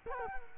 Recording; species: mosquito wingbeat signal from an infrared sensor; Culex quinquefasciatus